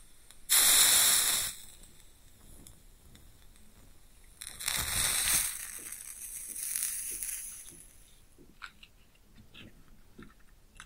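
A match strikes with a sharp hiss near the start, flares again around five seconds, then burns with soft crackles and faint sizzles.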